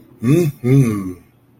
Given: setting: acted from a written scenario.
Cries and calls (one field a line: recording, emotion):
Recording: vocal sound without words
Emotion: pride